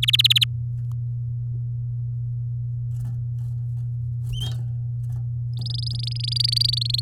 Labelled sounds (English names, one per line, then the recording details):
Domestic Canary song
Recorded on 7 May 2018 at 11:00
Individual llb16